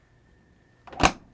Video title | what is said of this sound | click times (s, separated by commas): HOW I PREP THE RV INTERIOR SETUP FOR MOVING DAY #RVLife | So perfect. Clicked | 1.1 s